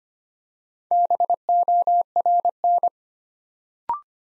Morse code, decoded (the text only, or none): BORN